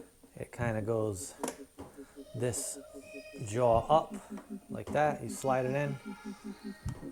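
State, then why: Not seated. A wiring harness plug is lined up and slid into its mating connector on the electrical system of a 2021 Yamaha YFZ450R quad. Someone talks throughout, with light handling noises and a short sharp sound near 6.9 seconds. Nothing has seated or clicked yet.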